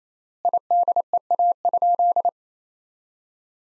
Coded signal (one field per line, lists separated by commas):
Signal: Morse code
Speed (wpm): 27 wpm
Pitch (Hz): 700 Hz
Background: none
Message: IDEA?